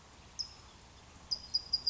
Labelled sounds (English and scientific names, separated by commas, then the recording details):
California Towhee (Melozone crissalis)
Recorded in Sonoma County, California